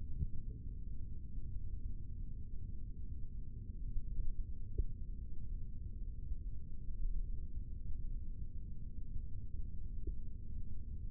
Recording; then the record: forearm muscle sounds (acoustic myography)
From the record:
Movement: rest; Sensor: system 3, bracelet of six PUI Audio POM-2738L microphones around the upper forearm, with dedicated amplification and filtering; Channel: 1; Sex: male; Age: 23 years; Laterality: right